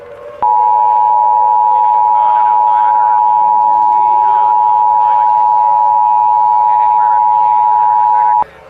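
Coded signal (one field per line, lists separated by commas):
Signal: Emergency Alert System (SAME) tones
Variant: 853 and 960 Hz attention tone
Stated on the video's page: Fictional EAS scenario made by the uploader, not a real alert.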